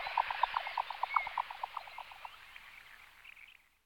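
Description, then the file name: Jack snipe calling with a quick run of hollow, knocking pulses that fade after about two seconds, followed by faint higher notes. "slučka-malá"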